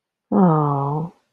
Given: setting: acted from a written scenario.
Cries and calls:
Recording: vocal sound without words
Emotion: romantic love

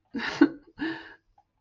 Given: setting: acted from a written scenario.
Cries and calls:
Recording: vocal sound without words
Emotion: sadness

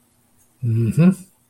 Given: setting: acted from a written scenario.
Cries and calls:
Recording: vocal sound without words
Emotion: neutral

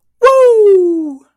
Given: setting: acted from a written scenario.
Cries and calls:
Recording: vocal sound without words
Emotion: triumph

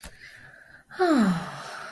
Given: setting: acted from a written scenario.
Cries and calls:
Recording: vocal sound without words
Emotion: romantic love

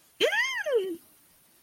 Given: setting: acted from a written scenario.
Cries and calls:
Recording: vocal sound without words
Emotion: elation

